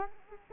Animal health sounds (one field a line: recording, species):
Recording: mosquito wingbeat signal from an infrared sensor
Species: Culex quinquefasciatus